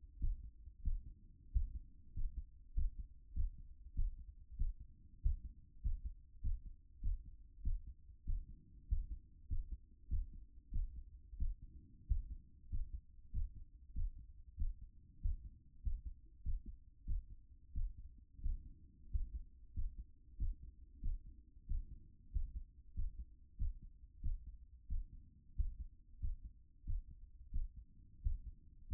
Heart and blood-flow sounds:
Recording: heart sounds by stethoscope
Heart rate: 95 bpm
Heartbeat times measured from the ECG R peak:
0.21 s: heartbeat
0.85 s: heartbeat
1.54 s: heartbeat
2.16 s: heartbeat
2.76 s: heartbeat
3.36 s: heartbeat
3.96 s: heartbeat
4.59 s: heartbeat
5.23 s: heartbeat
5.83 s: heartbeat
6.43 s: heartbeat
7.03 s: heartbeat
7.64 s: heartbeat
8.27 s: heartbeat
8.90 s: heartbeat
9.50 s: heartbeat
10.10 s: heartbeat
10.73 s: heartbeat
11.39 s: heartbeat
12.09 s: heartbeat
12.71 s: heartbeat
13.33 s: heartbeat
13.95 s: heartbeat
14.59 s: heartbeat
15.23 s: heartbeat
15.84 s: heartbeat
16.45 s: heartbeat
17.07 s: heartbeat
17.75 s: heartbeat
18.43 s: heartbeat
19.12 s: heartbeat
19.75 s: heartbeat
20.39 s: heartbeat
21.03 s: heartbeat
21.68 s: heartbeat
22.33 s: heartbeat
22.96 s: heartbeat
23.59 s: heartbeat
24.23 s: heartbeat
24.89 s: heartbeat
25.57 s: heartbeat
26.21 s: heartbeat
26.87 s: heartbeat
27.53 s: heartbeat
28.24 s: heartbeat
28.89 s: heartbeat
From the record:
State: after exercise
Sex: female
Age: 25 years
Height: 170 cm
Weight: 60 kg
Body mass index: 20.76

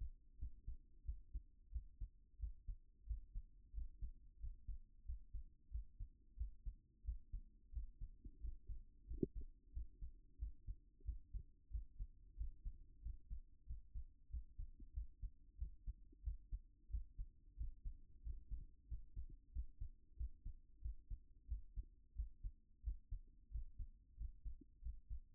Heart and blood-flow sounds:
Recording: heart sounds by stethoscope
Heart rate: 91 bpm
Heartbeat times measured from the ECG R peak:
0.37 s: heartbeat
1.03 s: heartbeat
1.70 s: heartbeat
2.37 s: heartbeat
3.05 s: heartbeat
3.72 s: heartbeat
4.38 s: heartbeat
5.04 s: heartbeat
5.69 s: heartbeat
6.35 s: heartbeat
7.03 s: heartbeat
7.71 s: heartbeat
8.39 s: heartbeat
9.05 s: heartbeat
9.71 s: heartbeat
10.37 s: heartbeat
11.03 s: heartbeat
11.69 s: heartbeat
12.35 s: heartbeat
13.00 s: heartbeat
13.65 s: heartbeat
14.28 s: heartbeat
14.92 s: heartbeat
15.56 s: heartbeat
16.22 s: heartbeat
16.88 s: heartbeat
17.55 s: heartbeat
18.21 s: heartbeat
18.86 s: heartbeat
19.51 s: heartbeat
20.15 s: heartbeat
20.80 s: heartbeat
21.46 s: heartbeat
22.14 s: heartbeat
22.82 s: heartbeat
23.49 s: heartbeat
24.15 s: heartbeat
24.80 s: heartbeat
From the record:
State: at rest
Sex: male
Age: 40 years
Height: 190 cm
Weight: 114 kg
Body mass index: 31.58

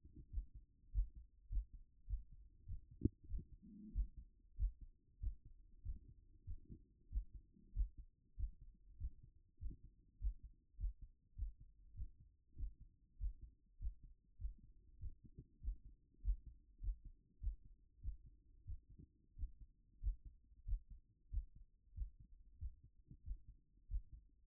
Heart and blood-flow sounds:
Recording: heart sounds by stethoscope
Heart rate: 96 bpm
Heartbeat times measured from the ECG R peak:
0.30 s: heartbeat
0.91 s: heartbeat
1.48 s: heartbeat
2.06 s: heartbeat
2.65 s: heartbeat
3.26 s: heartbeat
3.92 s: heartbeat
4.56 s: heartbeat
5.19 s: heartbeat
5.82 s: heartbeat
6.44 s: heartbeat
7.09 s: heartbeat
7.72 s: heartbeat
8.35 s: heartbeat
8.97 s: heartbeat
9.58 s: heartbeat
10.18 s: heartbeat
10.76 s: heartbeat
11.35 s: heartbeat
11.94 s: heartbeat
12.55 s: heartbeat
13.17 s: heartbeat
13.78 s: heartbeat
14.37 s: heartbeat
14.98 s: heartbeat
15.59 s: heartbeat
16.21 s: heartbeat
16.79 s: heartbeat
17.39 s: heartbeat
18.00 s: heartbeat
18.64 s: heartbeat
19.35 s: heartbeat
19.99 s: heartbeat
20.64 s: heartbeat
21.29 s: heartbeat
21.93 s: heartbeat
22.57 s: heartbeat
23.22 s: heartbeat
23.87 s: heartbeat
From the record:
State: after exercise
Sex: male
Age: 39 years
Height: 186 cm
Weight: 113 kg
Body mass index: 32.66

